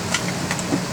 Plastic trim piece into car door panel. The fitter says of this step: put it back in it's kind of go in there first and then snap into place